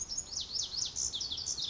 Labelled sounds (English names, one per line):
Lazuli Bunting